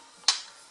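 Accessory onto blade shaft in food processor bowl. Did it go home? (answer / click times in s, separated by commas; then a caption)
yes / 0.3 s. A plastic mixer accessory is clipped onto the blade shaft at the bottom of a Mr Cuisine Connect food processor bowl. A single sharp click sounds at 0.3 s against a quiet background. The accessory is seated on the blade.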